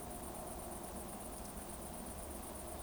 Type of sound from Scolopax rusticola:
whistle